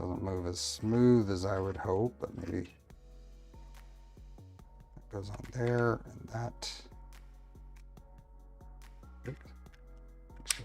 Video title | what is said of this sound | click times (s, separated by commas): Box Turtle, LDO Kit - Part 1 | that's there we go snapped into place | 10.5 s